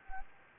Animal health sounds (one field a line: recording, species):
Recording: mosquito wingbeat signal from an infrared sensor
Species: Anopheles gambiae